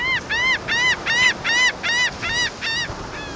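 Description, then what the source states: Laughing Gull calling in a steady run of nasal, arched 'ha' notes, many in quick succession, each rising then falling. Common along the Atlantic and Gulf coasts; may show a pink suffusion on the breast in spring.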